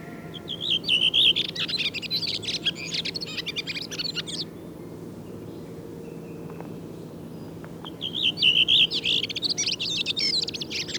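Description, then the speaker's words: Redwing singing two phrases, each a burst of high, jumbled twittering, with a quiet low hum between them. Singer whose song differs from the earlier ones; singing style varies between localities as dialects; the same individual always sings the same way; style is learned; birds of one area sing alike. "Kuuntelemme vielä paria muuta kahdesta aikaisemmasta poikkeavaa laulajaa."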